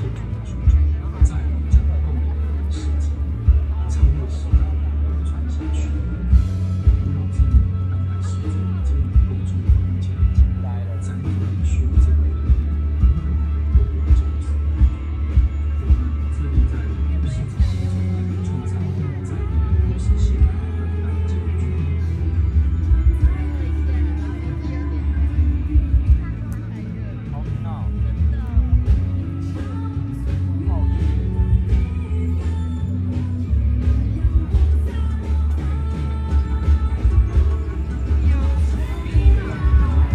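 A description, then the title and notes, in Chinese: Live sound from a music festival, dominated by a heavy, booming bass line that stays loud and steady for the whole stretch. Sharp percussive hits and crowd chatter sit on top, with a brief dip in the bass around the middle. 錄音來自2020年漂遊者音樂祭現場收音，是真的噪音，但能讓你真實感受音樂祭的躁動與歡樂。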